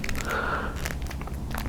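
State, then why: Not seated. A plastic white-skinned swap hand is being fitted onto the wrist of a DC Comics Icon Green Lantern John Stewart action figure, producing short crinkly handling clicks and rustles while someone talks. Nothing has seated or clicked into place yet.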